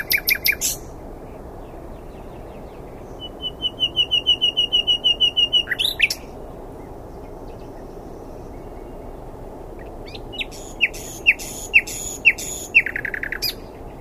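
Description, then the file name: Common nightingale song: a brief sharp burst, then a long series of repeated piping notes, a pause, and a phrase of loud repeated chirps. "Luscinia megarhynchos"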